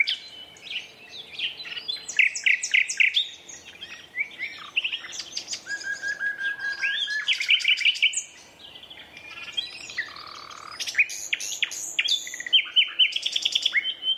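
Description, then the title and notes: Common nightingale song, busy and varied, with rapid repeated note strings, whistles and rattles following one another with brief pauses. Two competing males singing a duet at dusk in a dense thorn thicket, north Dorset countryside woodland. "Sound Escape: An astonishing nightingale duet in a Dorset woodland. north Dorset countryside. a single nightingale starts to sing. another male. a competitive duet. BBC Countryfile Magazine's Sound Escapes"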